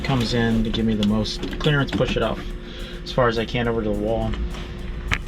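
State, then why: Seated. Someone talks while a 3D printed plastic air-direction piece is pushed onto the outlet fitting of a Propex heater duct being installed in a Tacoma, so the airflow can be directed. A sharp click at 5.1 s shows the piece snapping in and seating.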